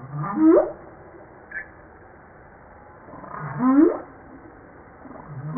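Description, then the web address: Humpback whale song: short upswept harmonic cries rising sharply, two units with a long pause between and a third starting at the end. Recorded 5 March 1994. "humpback-01 940305"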